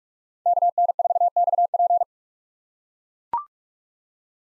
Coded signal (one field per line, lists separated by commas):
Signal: Morse code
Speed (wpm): 43 wpm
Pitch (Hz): 700 Hz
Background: none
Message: KN4XP